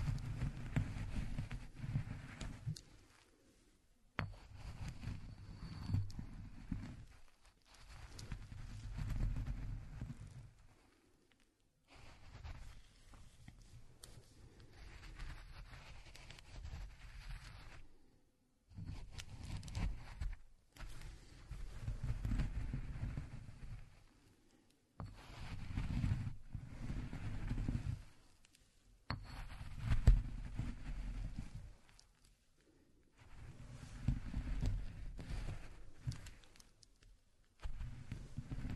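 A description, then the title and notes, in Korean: Walnuts are ground by hand in repeated bursts of low, gritty rumbling, each lasting a few seconds. Short silent pauses separate the rounds, which come roughly every four to five seconds, with a faint crackle riding on top of the grinding. 호두를 직접 갈아보겠습니다. 손으로 직접 갈아먹는 호두.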